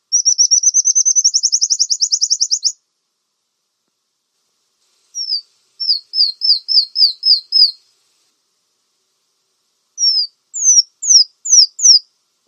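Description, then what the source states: Brown-throated sunbird song: a fast, even trill of high thin notes for nearly three seconds, then two pauses, each followed by a string of sharp downslurred whistles. Known locally in Indonesian as kolibri kelapa; described as gacor, meaning singing actively and persistently.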